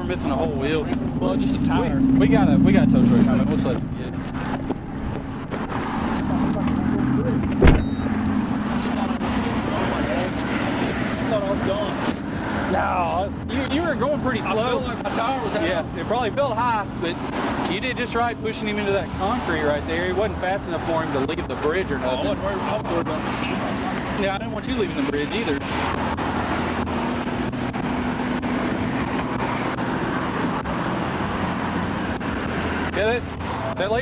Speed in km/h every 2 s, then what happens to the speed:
0, 0, 0, 0, 0, 0, 0, 0, 0, 0, 0, 0, 0, 0, 0, 0, 0.
0-34 standing.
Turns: none.